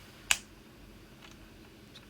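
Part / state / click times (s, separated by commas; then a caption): plastic top linkage piece onto ball joint of a controller adapter mount / seated / 0.3 s. The plastic top linkage piece of a 3D-printed one-handed controller adapter mount for PS4, PS5 and Xbox controllers is pressed onto a plastic ball joint and snaps on with a single sharp click at 0.3 s. A couple of faint small ticks follow against quiet background hiss, and the top piece is seated on the ball joint.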